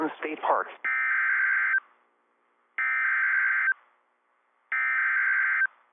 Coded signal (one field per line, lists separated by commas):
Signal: Emergency Alert System (SAME) tones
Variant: header bursts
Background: speech